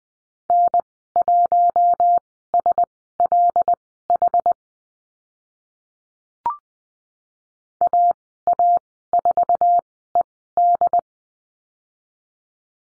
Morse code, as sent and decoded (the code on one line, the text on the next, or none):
-. .---- ... .-.. .... / .- .- ....- . -..
N1SLH AA4ED